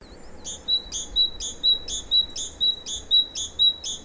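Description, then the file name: Great tit calling, a two-part note with a sharp high click and a clear whistled tone, repeated about twice a second in a steady series. "Parus major"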